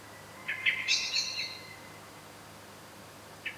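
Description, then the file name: Common blackbird gives a quick, chattering run of sharp clucking notes lasting about a second, then quiet, with another short burst starting at the end. "Turdus merula"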